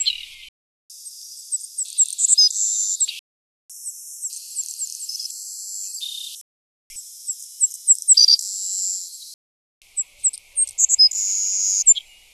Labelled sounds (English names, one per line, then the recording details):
Savannah Sparrow song
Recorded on Kent Island, New Brunswick, in 2007